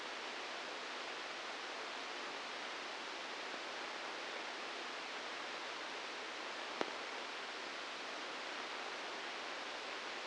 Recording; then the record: brain microelectrode recording played as sound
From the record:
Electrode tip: inside the subthalamic nucleus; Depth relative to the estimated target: 3 mm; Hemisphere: left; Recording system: NeuroSet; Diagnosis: Parkinson's disease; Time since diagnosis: 10 years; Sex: male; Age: 63 years